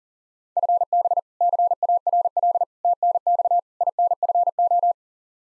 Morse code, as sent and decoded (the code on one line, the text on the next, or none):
..-. -... / -.-. .- .-. .-.. / - -. -..- / .. -. ..-. ---
FB CARL TNX INFO